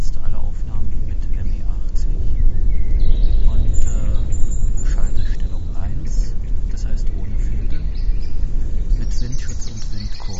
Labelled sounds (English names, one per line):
Common Frog call